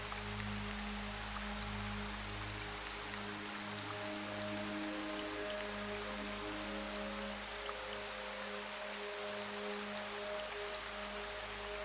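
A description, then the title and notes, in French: Steady, dense rain falls through a quiet forest, with soft, low sustained music tones shifting slowly beneath the even patter. Le Son de la PLUIE avec une MUSIQUE Apaisante. Immergez-vous dans le doux son de la pluie ruisselante au cœur d'une forêt paisible, harmonieusement accompagné d'une musique qui dissipe les troubles du sommeil.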